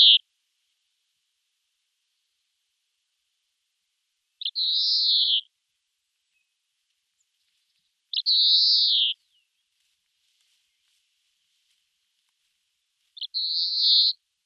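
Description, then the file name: European greenfinch giving drawn-out buzzy wheezes, each opened by a brief click-like note, repeated every few seconds with silence between. "Chloris chloris"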